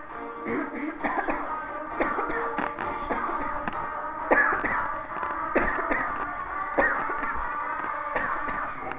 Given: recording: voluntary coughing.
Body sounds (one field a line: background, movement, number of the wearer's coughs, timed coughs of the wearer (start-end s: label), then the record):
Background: music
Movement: walking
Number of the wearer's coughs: 14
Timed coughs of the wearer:
1.02-1.25 s: cough
1.25-1.44 s: cough
1.97-2.28 s: cough
2.25-2.53 s: cough
3.08-3.31 s: cough
3.31-3.63 s: cough
4.28-4.62 s: cough
4.61-5.09 s: cough
5.53-5.85 s: cough
5.88-6.22 s: cough
6.75-7.16 s: cough
7.16-7.46 s: cough
8.13-8.41 s: cough
8.41-8.79 s: cough
From the record:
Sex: female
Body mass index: 36.4 kg/m2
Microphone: on the chest, facing the body